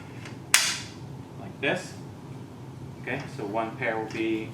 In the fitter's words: um they just snap into place